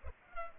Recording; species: mosquito wingbeat signal from an infrared sensor; Culex pipiens